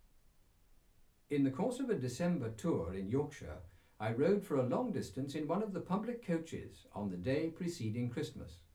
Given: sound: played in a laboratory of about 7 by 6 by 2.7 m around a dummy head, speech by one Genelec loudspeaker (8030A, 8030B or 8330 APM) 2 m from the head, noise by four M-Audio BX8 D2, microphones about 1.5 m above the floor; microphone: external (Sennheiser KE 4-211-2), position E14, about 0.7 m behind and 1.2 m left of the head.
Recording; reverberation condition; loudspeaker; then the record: male speech in English; low; 150 degrees to the right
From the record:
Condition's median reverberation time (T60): about 310 ms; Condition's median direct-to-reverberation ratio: about 3.5 dB